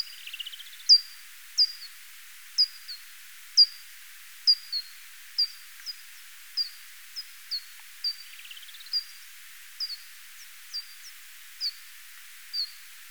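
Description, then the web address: Japanese pipistrelle echolocation, short downward-sweeping chirps repeated irregularly, with two longer buzzy rising sweeps, over a faint hiss. "Pipistrellus abramus"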